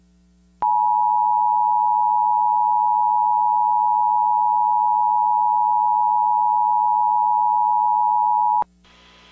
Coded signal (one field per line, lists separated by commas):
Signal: Emergency Alert System (SAME) tones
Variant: 853 and 960 Hz attention tone